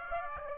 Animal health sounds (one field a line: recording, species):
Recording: mosquito wingbeat signal from an infrared sensor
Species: Aedes aegypti